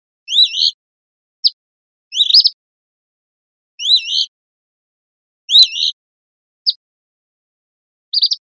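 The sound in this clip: Black phoebe singing paired, rising two-part whistled phrases repeated roughly every one and a half seconds, with short sharp single notes in between.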